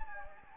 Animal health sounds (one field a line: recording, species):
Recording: mosquito wingbeat signal from an infrared sensor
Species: Anopheles gambiae